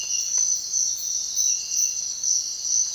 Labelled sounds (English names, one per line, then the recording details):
none
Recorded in secondary vegetation near Puerto Asís, Putumayo, Colombia, on 29 June 2025 at 05:30
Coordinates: 0.499, -76.323
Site G077